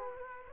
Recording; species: mosquito wingbeat signal from an infrared sensor; Culex quinquefasciatus